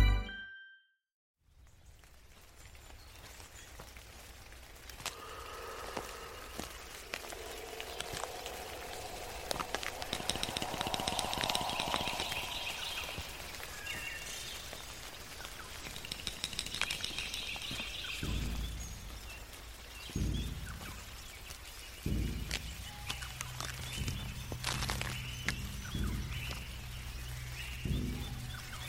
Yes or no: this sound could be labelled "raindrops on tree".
yes